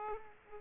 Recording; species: mosquito wingbeat signal from an infrared sensor; Aedes aegypti